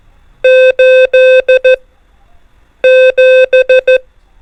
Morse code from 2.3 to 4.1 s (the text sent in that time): 7